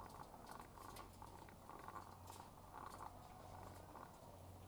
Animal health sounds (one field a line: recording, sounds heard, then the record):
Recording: poultry house recording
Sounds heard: sick chickens (respiratory disease)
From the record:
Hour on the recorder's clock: 12